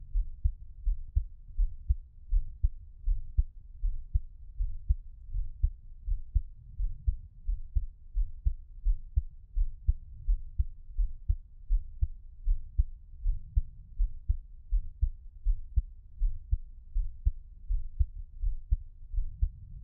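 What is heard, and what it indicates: Soft, deep thumps repeat in a steady rhythm at about 80 a minute, with no talking and only a faint low hum behind them. This is an ordinary adult heartbeat, heard close up through a 3Dio binaural microphone as ASMR.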